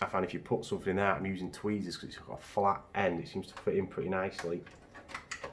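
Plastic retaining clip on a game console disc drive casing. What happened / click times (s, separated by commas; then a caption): A plastic retaining clip pops free / 5.1 s, 5.3 s. Someone talks while flat tweezers pry at the plastic retaining clips on an Xbox 360 disc drive casing, a game console part. Two sharp clicks come at 5.2 s and 5.3 s as the clips pop open and the casing is released.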